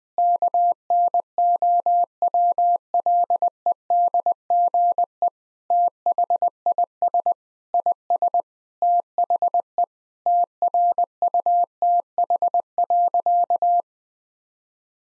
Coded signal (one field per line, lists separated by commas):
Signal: Morse code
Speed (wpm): 21 wpm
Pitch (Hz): 700 Hz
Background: none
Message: KNOWLEDGE THIS IS THE TRUTH.